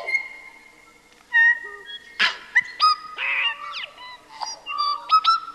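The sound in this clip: Tui song: pure whistled notes at varied pitches, interrupted by harsh crackling bursts and quick rising twangs, with several sharp clicks toward the end.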